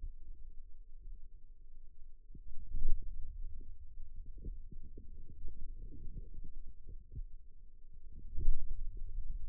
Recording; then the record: forearm muscle sounds (acoustic myography)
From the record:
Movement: ulnar deviation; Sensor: system 2, bracelet of six BSWA MPA416 microphones around the upper forearm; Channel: 2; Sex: male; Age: 22 years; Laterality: right